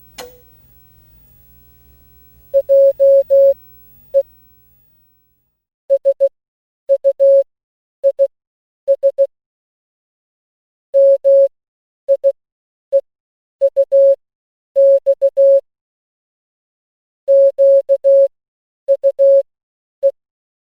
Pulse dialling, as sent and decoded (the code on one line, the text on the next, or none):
none